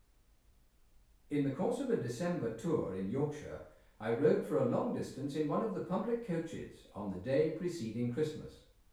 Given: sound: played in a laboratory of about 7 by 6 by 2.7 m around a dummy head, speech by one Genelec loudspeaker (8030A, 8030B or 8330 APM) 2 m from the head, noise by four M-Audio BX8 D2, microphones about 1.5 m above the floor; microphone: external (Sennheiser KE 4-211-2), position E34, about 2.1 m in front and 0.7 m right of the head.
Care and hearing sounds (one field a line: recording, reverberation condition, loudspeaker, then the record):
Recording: male speech in English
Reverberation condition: medium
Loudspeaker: 60 degrees to the left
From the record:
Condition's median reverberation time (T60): about 510 ms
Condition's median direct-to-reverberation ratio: about -0.5 dB